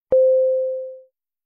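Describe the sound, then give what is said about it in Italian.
A single mid-pitched telephone tone sounds alone, opening with a sharp click and holding steady for about a second while gradually fading out. “C'è un telefono.”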